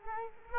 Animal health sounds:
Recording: mosquito wingbeat signal from an infrared sensor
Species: Culex quinquefasciatus

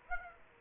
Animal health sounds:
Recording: mosquito wingbeat signal from an infrared sensor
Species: Aedes aegypti

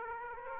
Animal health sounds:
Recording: mosquito wingbeat signal from an infrared sensor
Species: Aedes aegypti

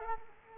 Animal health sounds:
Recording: mosquito wingbeat signal from an infrared sensor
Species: Culex quinquefasciatus

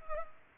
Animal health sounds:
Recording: mosquito wingbeat signal from an infrared sensor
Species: Culex pipiens

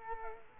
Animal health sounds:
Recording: mosquito wingbeat signal from an infrared sensor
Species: Culex quinquefasciatus

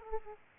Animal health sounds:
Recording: mosquito wingbeat signal from an infrared sensor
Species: Aedes aegypti

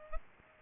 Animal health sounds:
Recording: mosquito wingbeat signal from an infrared sensor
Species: Culex pipiens

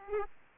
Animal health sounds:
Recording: mosquito wingbeat signal from an infrared sensor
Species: Aedes aegypti

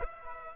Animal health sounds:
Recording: mosquito wingbeat signal from an infrared sensor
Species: Aedes aegypti

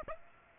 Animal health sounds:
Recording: mosquito wingbeat signal from an infrared sensor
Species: Aedes aegypti

